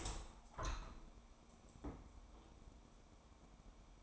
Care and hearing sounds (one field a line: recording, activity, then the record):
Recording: daily activity, microphone in the room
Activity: open window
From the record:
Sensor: 1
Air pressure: 1000.5 hPa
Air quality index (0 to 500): 161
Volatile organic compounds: 3 ppm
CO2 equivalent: 1485 ppm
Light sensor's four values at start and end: 10/26/10/12 and 11/27/11/13